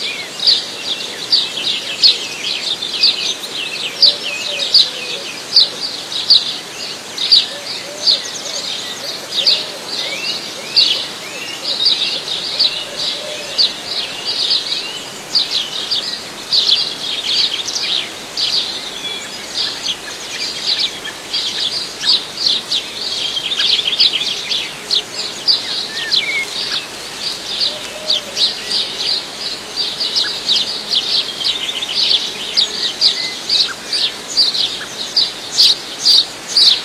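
Countryside birdsong fills the whole stretch: a dense, busy chorus of high, quick chirps and tweets that overlap constantly without pause. The level flutters but stays steady overall, with a faint soft outdoor hush underneath.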